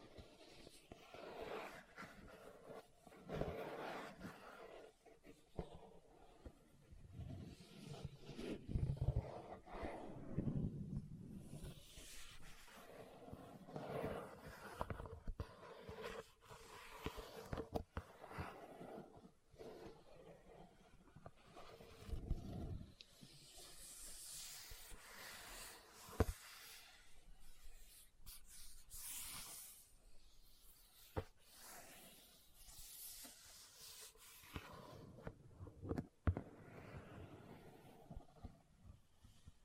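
Leather is tapped and scratched in uneven bursts, low thumps early on, brighter scraping later, with sharp isolated taps near 26, 31 and 36 seconds.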